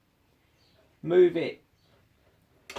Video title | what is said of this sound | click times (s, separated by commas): Evolution R210cms. Unboxing and first cuts Part 1 | it clicks give it a little wiggle before you clamp it down then | 2.7 s